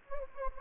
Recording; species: mosquito wingbeat signal from an infrared sensor; Anopheles gambiae